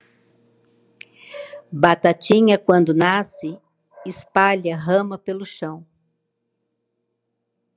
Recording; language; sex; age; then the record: short text; Brazilian Portuguese; female; 60 to 69 years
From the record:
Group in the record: control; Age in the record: 63 years